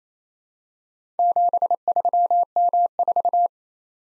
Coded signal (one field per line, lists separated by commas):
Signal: Morse code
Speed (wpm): 28 wpm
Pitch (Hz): 700 Hz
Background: none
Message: 73M4